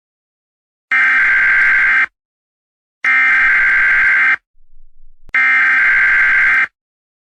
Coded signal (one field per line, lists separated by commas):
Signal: Emergency Alert System (SAME) tones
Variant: header bursts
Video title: EAS Scenario Zombie Eaters (please do not watch this, it's terrible.)